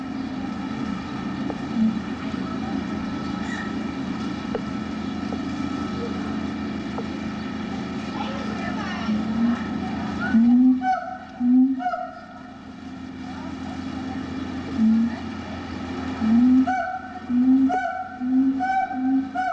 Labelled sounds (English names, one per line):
Siamang